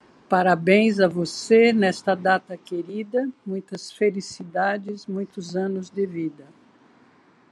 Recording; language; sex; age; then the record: short text; Brazilian Portuguese; female; 60 to 69 years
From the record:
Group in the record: control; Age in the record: 69 years